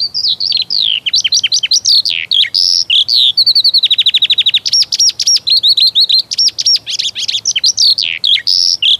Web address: Przyroda Ptaki Skowronek